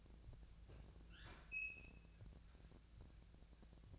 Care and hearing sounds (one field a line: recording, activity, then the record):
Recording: daily activity, microphone in the room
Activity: open fridge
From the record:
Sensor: 2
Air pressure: 999.9 hPa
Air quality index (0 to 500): 124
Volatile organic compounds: 2 ppm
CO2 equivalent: 1063 ppm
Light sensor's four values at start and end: 32/80/34/38 and 32/80/34/38